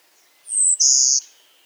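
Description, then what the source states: Warbler hybrid song: two high buzzy notes, the first thin and higher, the second longer, lower and broader, given once in quick succession. Hybrid Golden-winged x Blue-winged Warbler, Vermivora chrysoptera x cyanoptera.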